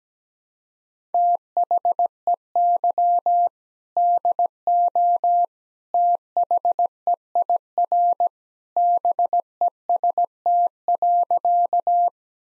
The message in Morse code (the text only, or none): THEY DO THEIR BEST.